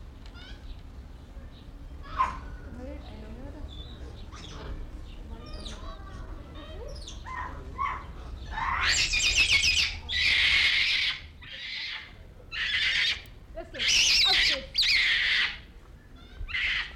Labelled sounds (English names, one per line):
Weeper Capuchin